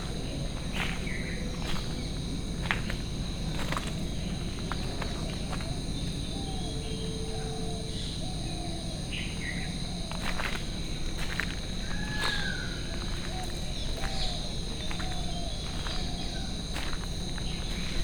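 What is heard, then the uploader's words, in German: A jungle soundscape with a steady bed of insect buzzing and low rumble throughout. Birds call repeatedly over it, short whistles and chirps, with one longer whistled note around seven seconds, while sharp clicks and snaps recur every second or two. Immersive Binaural 3D Sounds of Haritha Villas+Spa - Hikkaduwa, Sri Lanka. Die akustische Welt des Dschungels.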